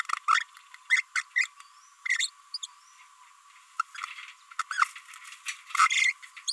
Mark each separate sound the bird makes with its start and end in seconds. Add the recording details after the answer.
0.28-0.43, 0.90-1.02, 1.16-1.22, 1.36-1.47, 2.06-2.29, 2.54-2.57, 2.63-2.66, 3.79-3.82, 4.59-4.62, 4.71-4.87, 5.88-6.12, 6.48-6.53. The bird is a female. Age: 27 days. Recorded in a nest box in Venezuela. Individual 17B42B3